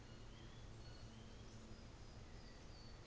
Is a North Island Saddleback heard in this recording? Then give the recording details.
no. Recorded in New Zealand on 24 December 2018. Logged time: 14:10